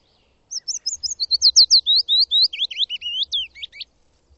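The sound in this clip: Bird song, a fast run of many high, sweeping notes that drops lower toward the end, lasting a little over three seconds.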